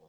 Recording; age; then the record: pig call; piglet (1 to 25 days)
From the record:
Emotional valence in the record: positive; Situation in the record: reunion after long isolation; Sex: male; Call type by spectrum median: low-frequency call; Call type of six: low-frequency tonal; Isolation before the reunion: 8 minutes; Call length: 0.09 s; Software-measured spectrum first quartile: 401 Hz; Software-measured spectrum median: 553 Hz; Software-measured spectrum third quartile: 1262 Hz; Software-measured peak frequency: 483 Hz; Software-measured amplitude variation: 43 dB a second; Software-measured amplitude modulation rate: 5.7 a second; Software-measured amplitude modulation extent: 7.6 dB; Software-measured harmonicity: 2.6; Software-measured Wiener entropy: -0.64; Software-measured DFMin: 956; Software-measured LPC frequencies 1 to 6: 516, 2262, 3343, 4136, 5266, 6242 Hz